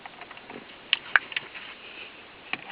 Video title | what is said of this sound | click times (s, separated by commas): Ford Focus stereo | take the fascia plate off, always a bit easier, and push all the way until it clicks. | 0.9 s, 1.2 s